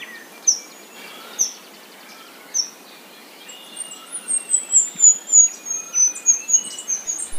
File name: Canto do diglosa azul